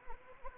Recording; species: mosquito wingbeat signal from an infrared sensor; Anopheles arabiensis